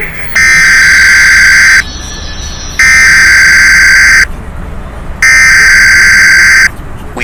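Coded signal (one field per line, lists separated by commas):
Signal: Emergency Alert System (SAME) tones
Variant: header bursts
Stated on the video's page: Simulated Emergency Alert System tones for a fictional nuclear attack scenario in a short film.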